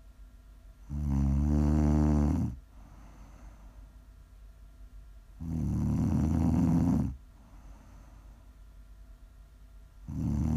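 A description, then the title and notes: Loud snoring comes in long rasping inhales, one at about 1 to 2.5 seconds, another from about 5.5 to 7 seconds, and a third starting near 10 seconds. Each is a low, rattling rumble with a fluttering buzz. Between snores there is only a faint, steady hiss. Prime ASMR snoring.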